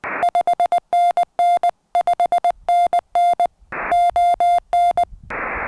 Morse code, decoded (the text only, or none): 5NN 5NN ON